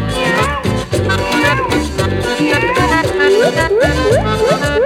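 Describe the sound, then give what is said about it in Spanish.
A voice mimics a cat's meow, a few short rising yowls repeated in quick succession, sung over loud, busy band music. “Con esta triste y maullida serenata, la noche es una lata”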